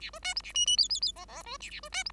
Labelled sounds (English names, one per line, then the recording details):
Bengalese Finch song
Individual Bird5